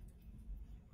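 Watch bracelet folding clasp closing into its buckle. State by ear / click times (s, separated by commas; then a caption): not seated / none. The metal folding clasp of a mechanical wristwatch bracelet is pressed closed into its buckle, with only a low, steady rumble heard and no distinct snap. The clasp does not latch and is not properly fastened; nothing has clicked or seated yet.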